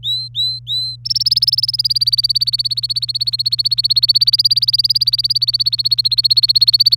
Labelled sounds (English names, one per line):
Domestic Canary song